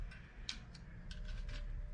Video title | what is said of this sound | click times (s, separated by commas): CB350 Engine Assembly | that all locks into Place | 0.5 s